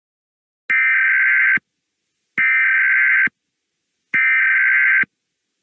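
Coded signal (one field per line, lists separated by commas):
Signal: Emergency Alert System (SAME) tones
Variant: header bursts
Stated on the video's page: Fictional hurricane EAS scenario, simulated alert.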